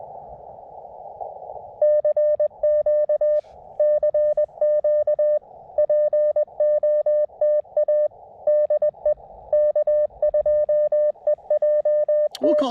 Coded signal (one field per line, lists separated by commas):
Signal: Morse code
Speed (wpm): 20 wpm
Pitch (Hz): 590 Hz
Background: speech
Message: CQ CQ POTA DE K2EJT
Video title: CW POTA at new to me K-5297 Skyline Drive State Forest